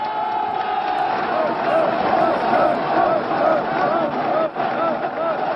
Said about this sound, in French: La foule applaudit, une foule de 100 000 personnes, triées sur le volet par peur de terrorisme, mais aussi pour éviter que les enregistrements des discours soient accompagnés de sifflets.